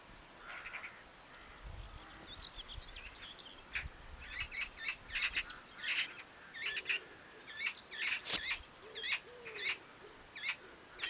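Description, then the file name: Eurasian magpie giving harsh chatter, short clusters of rasping notes repeated through the second half. "Pica pica"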